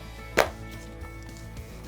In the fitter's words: then what you do is it snaps on the front.